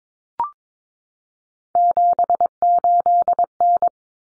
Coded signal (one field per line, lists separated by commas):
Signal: Morse code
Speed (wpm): 22 wpm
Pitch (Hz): 700 Hz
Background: none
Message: 78N